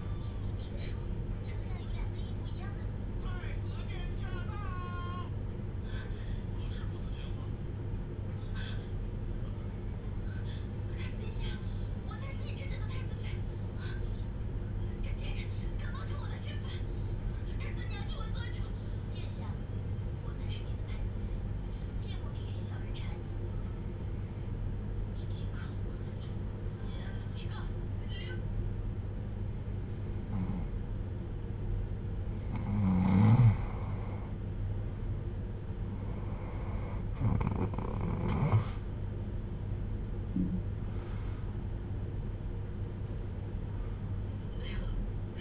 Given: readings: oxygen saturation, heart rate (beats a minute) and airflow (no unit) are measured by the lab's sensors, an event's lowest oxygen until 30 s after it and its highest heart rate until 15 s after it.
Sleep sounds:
breathing in sleep by a smartphone at the bedside; 1
8.00-38.00 s: hypopnea (N1, oxygen 97% highest, then 88% lowest)
From the record:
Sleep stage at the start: N1 (lightest sleep); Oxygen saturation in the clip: 88 to 97%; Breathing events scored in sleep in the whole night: 310 in 8.1 hours asleep

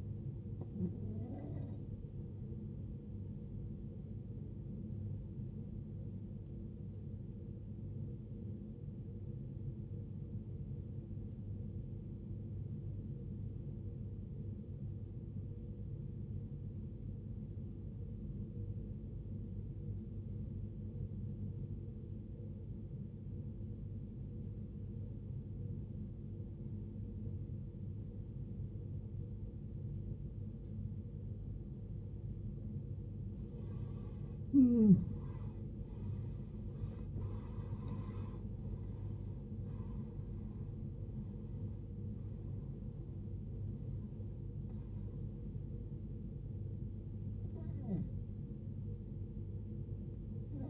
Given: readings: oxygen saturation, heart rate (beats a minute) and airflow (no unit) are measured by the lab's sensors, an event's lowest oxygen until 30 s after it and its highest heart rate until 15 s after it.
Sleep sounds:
a person awake in a sleep study, by a smartphone at the bedside; 1
9.00-39.00 s: new sleep stage, awake
11.00-34.20 s: obstructive apnea (scored as awake, oxygen 94% highest, then 83% lowest, heart rate 55 at the start, 78 highest)
11.00-49.00 s: awake
39.00-50.70 s: new sleep stage, N1 (lightest sleep)
From the record:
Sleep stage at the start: N1 (lightest sleep); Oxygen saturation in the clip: 82 to 94%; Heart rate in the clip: 54 to 78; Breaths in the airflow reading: 7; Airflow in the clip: -18.0 to 17.4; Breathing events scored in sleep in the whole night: 389 in 6.3 hours asleep

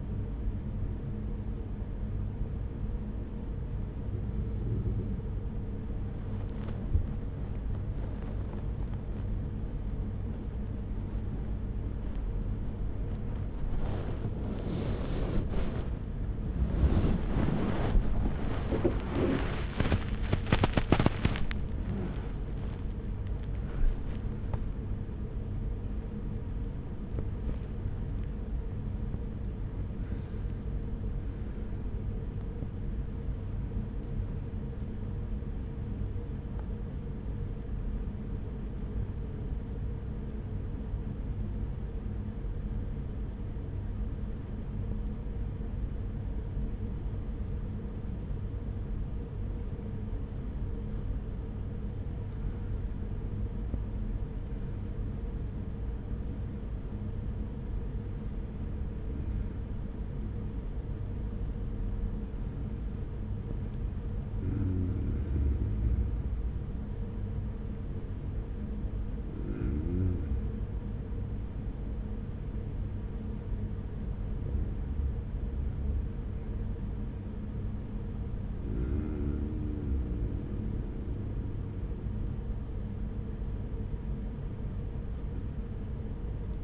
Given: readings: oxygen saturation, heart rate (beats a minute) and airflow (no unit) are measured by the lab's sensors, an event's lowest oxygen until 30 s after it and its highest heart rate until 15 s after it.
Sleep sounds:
breathing in sleep by a smartphone at the bedside; 1
0.00-31.00 s: awake
26.00-86.64 s: new sleep stage, N1 (lightest sleep)
33.00-53.20 s: hypopnea (N1, oxygen 96% highest, then 92% lowest)
From the record:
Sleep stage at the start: awake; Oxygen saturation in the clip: 92 to 97%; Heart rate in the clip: 41 to 83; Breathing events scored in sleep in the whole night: 210 in 6.9 hours asleep

